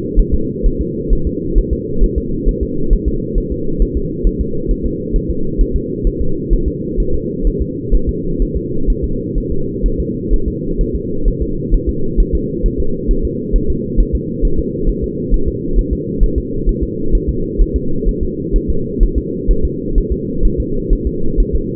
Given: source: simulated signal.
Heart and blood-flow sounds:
fetal heart sounds
0.19 s: S1
0.34 s: S2
0.66 s: S1
0.81 s: S2
1.13 s: S1
1.27 s: S2
1.58 s: S1
1.73 s: S2
2.04 s: S1
2.18 s: S2
2.48 s: S1
2.63 s: S2
2.93 s: S1
3.08 s: S2
3.38 s: S1
3.52 s: S2
3.82 s: S1
3.97 s: S2
4.27 s: S1
4.41 s: S2
4.71 s: S1
4.86 s: S2
5.16 s: S1
5.30 s: S2
5.61 s: S1
5.76 s: S2
6.07 s: S1
6.21 s: S2
6.53 s: S1
6.68 s: S2
7.00 s: S1
7.14 s: S2
7.47 s: S1
7.62 s: S2
7.94 s: S1
8.09 s: S2
8.42 s: S1
8.56 s: S2
8.90 s: S1
9.04 s: S2
9.38 s: S1
9.52 s: S2
9.86 s: S1
10.00 s: S2
10.34 s: S1
10.48 s: S2
10.81 s: S1
10.95 s: S2
11.28 s: S1
11.42 s: S2
11.74 s: S1
11.89 s: S2
12.20 s: S1
12.35 s: S2
12.66 s: S1
12.80 s: S2
13.11 s: S1
13.25 s: S2
13.56 s: S1
13.70 s: S2
14.00 s: S1
14.15 s: S2
14.45 s: S1
14.59 s: S2
14.89 s: S1
15.04 s: S2
15.34 s: S1
15.48 s: S2
15.78 s: S1
15.93 s: S2
16.23 s: S1
16.38 s: S2
16.69 s: S1
16.83 s: S2
17.15 s: S1
17.29 s: S2
17.61 s: S1
17.76 s: S2
18.08 s: S1
18.23 s: S2
18.56 s: S1
18.70 s: S2
19.03 s: S1
19.18 s: S2
19.51 s: S1
19.65 s: S2
19.98 s: S1
20.12 s: S2
20.45 s: S1
20.60 s: S2
20.93 s: S1
21.07 s: S2
21.40 s: S1
21.55 s: S2
From the record:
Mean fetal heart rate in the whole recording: 130 bpm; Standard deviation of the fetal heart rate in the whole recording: 2 bpm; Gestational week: 38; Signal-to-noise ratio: -8.1 dB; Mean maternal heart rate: 72 bpm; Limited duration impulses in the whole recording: absent

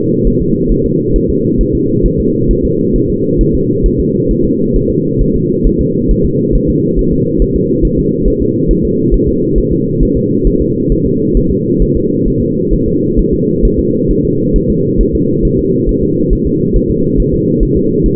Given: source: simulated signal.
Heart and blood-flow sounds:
fetal heart sounds
0.27 s: S1
0.42 s: S2
0.72 s: S1
0.86 s: S2
1.16 s: S1
1.30 s: S2
1.61 s: S1
1.75 s: S2
2.06 s: S1
2.20 s: S2
2.51 s: S1
2.65 s: S2
2.96 s: S1
3.10 s: S2
3.41 s: S1
3.55 s: S2
3.86 s: S1
4.00 s: S2
4.31 s: S1
4.45 s: S2
4.76 s: S1
4.91 s: S2
5.22 s: S1
5.36 s: S2
5.67 s: S1
5.81 s: S2
6.11 s: S1
6.25 s: S2
6.55 s: S1
6.70 s: S2
6.99 s: S1
7.13 s: S2
7.42 s: S1
7.56 s: S2
7.85 s: S1
7.99 s: S2
8.28 s: S1
8.42 s: S2
8.71 s: S1
8.85 s: S2
9.14 s: S1
9.28 s: S2
9.58 s: S1
9.72 s: S2
10.03 s: S1
10.17 s: S2
10.47 s: S1
10.62 s: S2
10.92 s: S1
11.06 s: S2
11.37 s: S1
11.51 s: S2
11.82 s: S1
11.97 s: S2
12.28 s: S1
12.42 s: S2
12.74 s: S1
12.88 s: S2
13.19 s: S1
13.34 s: S2
13.65 s: S1
13.79 s: S2
14.11 s: S1
14.25 s: S2
14.56 s: S1
14.70 s: S2
15.01 s: S1
15.15 s: S2
15.45 s: S1
15.59 s: S2
15.89 s: S1
16.03 s: S2
16.33 s: S1
16.47 s: S2
16.76 s: S1
16.91 s: S2
17.20 s: S1
17.34 s: S2
17.63 s: S1
17.77 s: S2
18.06 s: S1
From the record:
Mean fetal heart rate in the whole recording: 135 bpm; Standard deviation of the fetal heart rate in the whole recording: 3 bpm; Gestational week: 36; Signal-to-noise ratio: -11.2 dB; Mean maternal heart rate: 72 bpm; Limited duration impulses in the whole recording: present

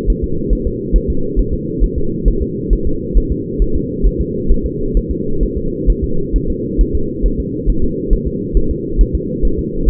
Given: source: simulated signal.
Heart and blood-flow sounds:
fetal heart sounds
0.10 s: S1
0.24 s: S2
0.53 s: S1
0.67 s: S2
0.96 s: S1
1.10 s: S2
1.39 s: S1
1.53 s: S2
1.84 s: S1
1.98 s: S2
2.28 s: S1
2.42 s: S2
2.73 s: S1
2.87 s: S2
3.17 s: S1
3.32 s: S2
3.62 s: S1
3.76 s: S2
4.06 s: S1
4.21 s: S2
4.51 s: S1
4.66 s: S2
4.97 s: S1
5.11 s: S2
5.43 s: S1
5.57 s: S2
5.90 s: S1
6.04 s: S2
6.36 s: S1
6.50 s: S2
6.81 s: S1
6.95 s: S2
7.26 s: S1
7.40 s: S2
7.70 s: S1
7.84 s: S2
8.13 s: S1
8.27 s: S2
8.57 s: S1
8.71 s: S2
9.01 s: S1
9.15 s: S2
9.45 s: S1
9.59 s: S2
9.89 s: S1
From the record:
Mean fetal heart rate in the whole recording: 135 bpm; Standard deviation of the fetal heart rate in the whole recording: 3 bpm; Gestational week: 36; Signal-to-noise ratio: -8.1 dB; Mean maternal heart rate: 72 bpm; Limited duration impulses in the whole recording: present

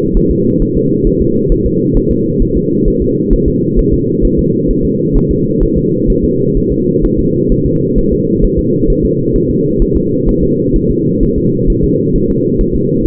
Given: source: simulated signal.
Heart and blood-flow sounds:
fetal heart sounds
0.17 s: S1
0.31 s: S2
0.62 s: S1
0.77 s: S2
1.07 s: S1
1.22 s: S2
1.52 s: S1
1.66 s: S2
1.97 s: S1
2.11 s: S2
2.42 s: S1
2.57 s: S2
2.88 s: S1
3.02 s: S2
3.33 s: S1
3.48 s: S2
3.79 s: S1
3.94 s: S2
4.25 s: S1
4.39 s: S2
4.70 s: S1
4.85 s: S2
5.17 s: S1
5.31 s: S2
5.63 s: S1
5.77 s: S2
6.10 s: S1
6.25 s: S2
6.57 s: S1
6.72 s: S2
7.05 s: S1
7.19 s: S2
7.52 s: S1
7.66 s: S2
7.98 s: S1
8.13 s: S2
8.44 s: S1
8.59 s: S2
8.90 s: S1
9.05 s: S2
9.36 s: S1
9.50 s: S2
9.82 s: S1
9.97 s: S2
10.29 s: S1
10.43 s: S2
10.76 s: S1
10.91 s: S2
11.23 s: S1
11.38 s: S2
11.70 s: S1
11.84 s: S2
12.16 s: S1
12.30 s: S2
12.61 s: S1
12.76 s: S2
13.06 s: S1
From the record:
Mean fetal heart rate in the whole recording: 130 bpm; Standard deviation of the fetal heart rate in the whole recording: 4 bpm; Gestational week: 38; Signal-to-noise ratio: -11.2 dB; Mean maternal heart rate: 72 bpm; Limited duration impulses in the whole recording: present

